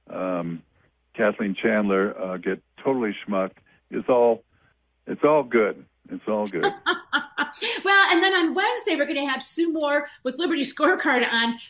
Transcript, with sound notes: Kathleen Chandler, uh, get totally schmucked, it's all, it's all good. It's all good.
(laughs) Well, and then on Wednesday, we're gonna have Sue Moore with Liberty Scorecard on.